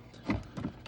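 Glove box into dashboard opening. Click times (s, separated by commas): 0.3 s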